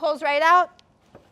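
Someone talks while handling the plastic integrated weight pocket of an Aqualung Sherlock weight system on a scuba BCD, working it back into the BCD weight housing. After the speech, only faint, small handling sounds are heard. The pocket has not seated or clicked into place yet.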